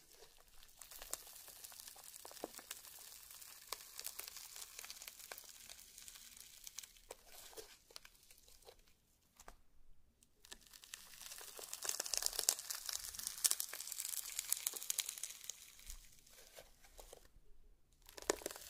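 Slime and crayon sounds with light tapping: a dense, crackly stream of wet squelches and crinkles, bright and hissy, with small pops and clicks throughout. It pauses briefly near 9 and 17 seconds, and grows louder and busier from about 11 seconds on.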